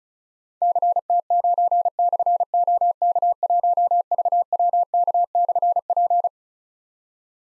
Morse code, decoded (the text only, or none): CT9/OK1VWK/P